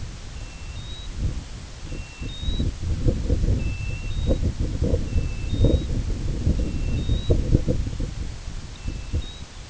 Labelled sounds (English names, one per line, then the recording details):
American Golden-plover
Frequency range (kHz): American Golden-plover 2.3-4.3 kHz
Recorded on Arctic tundra, site IGLO-A, on 16 June 2018
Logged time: 13:59